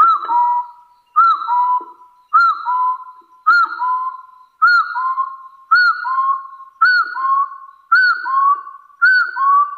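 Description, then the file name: Hill partridge with a steady series of nine whistled two-part calls, each starting with a bright upslur and trailing into a lower, slightly rising whistle. "Tieng ga so nui"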